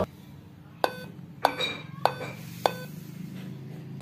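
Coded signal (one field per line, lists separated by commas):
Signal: beep code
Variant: Dell POST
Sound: four short buzzy beeps about 0.6 seconds apart over a low hum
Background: low electrical hum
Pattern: 4 short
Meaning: On Dell laptops, four beeps point to a memory (RAM) failure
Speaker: आज मैंने जैसे ही अपना लैपटॉप ऑन किया लैपटॉप ऑन होते ही इस तरह की आवाज करने लगा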